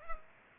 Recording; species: mosquito wingbeat signal from an infrared sensor; Culex pipiens